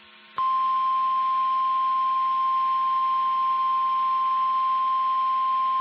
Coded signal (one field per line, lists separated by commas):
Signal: Emergency Alert System (SAME) tones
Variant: 1050 Hz attention tone